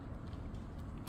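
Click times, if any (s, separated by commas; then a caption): none. A plastic locking insert for greenhouse film is being handled at the aluminium groove at the ridge of a greenhouse frame. There is steady low-frequency background rumble, with a short burst near 1.1 s at the very end. Nothing has seated or clicked yet.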